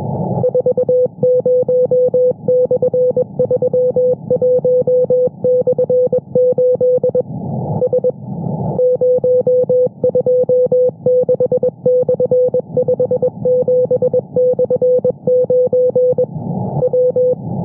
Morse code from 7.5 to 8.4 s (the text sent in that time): S